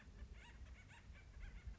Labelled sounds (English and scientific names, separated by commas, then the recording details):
Acorn Woodpecker (Melanerpes formicivorus)
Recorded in Sonoma County, California